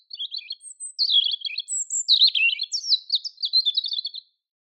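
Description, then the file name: European robin song, a continuous stream of varied sweet warbles, high thin whistles and trilled runs, each phrase changing pitch; quiet background. "Erithacus rubecula"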